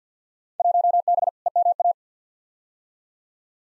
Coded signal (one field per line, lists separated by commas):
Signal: Morse code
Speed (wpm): 45 wpm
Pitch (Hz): 700 Hz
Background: none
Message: 1B EMA